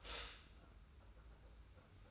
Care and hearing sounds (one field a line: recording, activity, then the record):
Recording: daily activity, microphone in the room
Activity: stop toaster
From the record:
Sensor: 2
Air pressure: 991.5 hPa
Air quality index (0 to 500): 187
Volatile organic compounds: 1000 ppm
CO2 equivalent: 6121 ppm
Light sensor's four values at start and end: 31/95/37/35 and 31/95/37/35